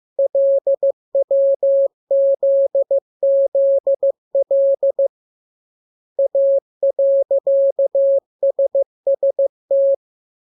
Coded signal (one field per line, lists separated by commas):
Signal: Morse code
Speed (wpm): 15 wpm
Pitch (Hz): 550 Hz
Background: none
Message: LWZZL A.SST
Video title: Learning Morse Code. Lesson 17. Letter KMURESNAPTLWI.JZ=F